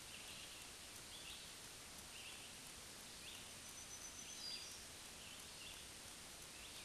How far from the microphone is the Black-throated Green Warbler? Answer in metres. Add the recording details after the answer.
about 45 m. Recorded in a Pennsylvania forest on 1 June 2023 at 06:14. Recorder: AudioMoth, point grid3_17_high. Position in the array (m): 243 m, 146 m